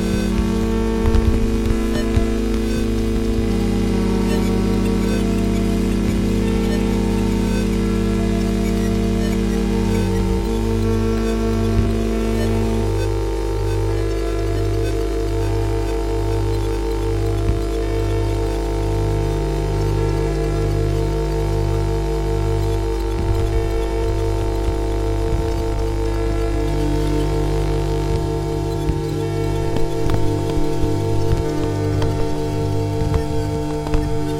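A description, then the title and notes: Steady electrical interference hums in stacked low tones, with a rapid pulsing throb from about twelve to twenty-seven seconds and faint crackle above. Electromagnetic Interference/signals. Using an EM coil pick-up, (sometimes advertised as a 'phone tap pick-up') the EM signals are captured and sent through a Max patch where by they are processed and transposed.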